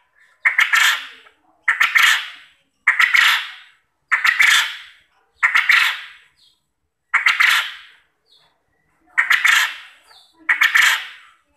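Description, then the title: Quail calls repeated eight times, coarse, noisy bursts with clicky starts, at uneven intervals. Quail call used as a lure to make quail answer and call vigorously. "Burung Puyuh Mana Yang Tidak Nyaut Dan Gacor Dengan Pancingan Ini"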